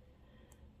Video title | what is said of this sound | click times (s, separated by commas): Metal build Evangelion unboxing EVA-02 test type | it clicks right in actually there you go clicks | 0.5 s